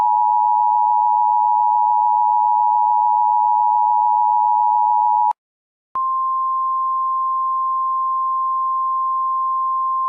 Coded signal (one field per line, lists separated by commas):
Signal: Emergency Alert System (SAME) tones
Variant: 853 and 960 Hz attention tone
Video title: EAS Classic: The EAS Interrupts Microsoft Sam Reads Computer Errors Part 2 (Misspelled Word)